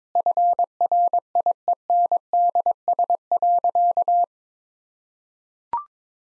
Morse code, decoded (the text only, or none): FRIENDS.